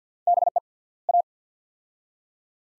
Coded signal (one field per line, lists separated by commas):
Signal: Morse code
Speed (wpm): 50 wpm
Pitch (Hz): 700 Hz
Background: none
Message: BE A